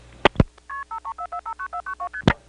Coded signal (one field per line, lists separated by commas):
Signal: multi-frequency trunk signalling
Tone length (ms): 80 ms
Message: KP53445992ST